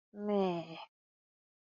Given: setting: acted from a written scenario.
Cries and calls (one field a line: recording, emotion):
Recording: vocal sound without words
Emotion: disappointment